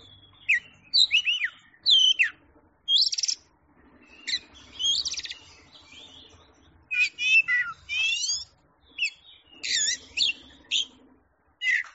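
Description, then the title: Oriental magpie-robin song: a varied stream of loud whistles, slurred rising and falling notes and scratchy trills, delivered in bursts separated by short pauses. Champion singing bird. "Kicau Burung Kacer Juara"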